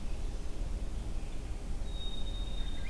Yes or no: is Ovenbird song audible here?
no